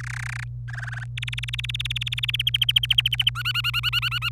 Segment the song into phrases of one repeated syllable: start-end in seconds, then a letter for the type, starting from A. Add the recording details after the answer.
0.00-0.44 A, 0.68-1.04 B, 1.17-2.42 C, 2.47-3.29 D, 3.35-4.29 E. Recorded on 25 April 2018 at 16:36. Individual llb3